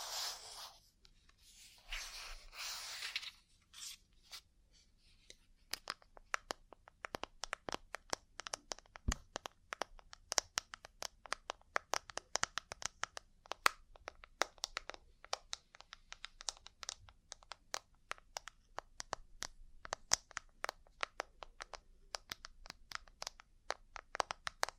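Ear cleaning and tapping sounds: the first few seconds hold soft, bright rustling and brushing in bursts. From about five seconds on, sharp dry clicks and taps come quick and irregular, sometimes clustered, with a faint low hum underneath throughout.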